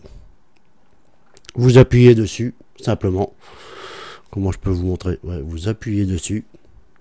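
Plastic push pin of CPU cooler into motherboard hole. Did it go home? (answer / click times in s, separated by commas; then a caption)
no / none. A plastic push pin of a CPU cooler, one of four, is pressed down toward its hole in the motherboard, with faint small clicks of handling early on. Someone talks throughout. The pin has not yet seated or clicked into place.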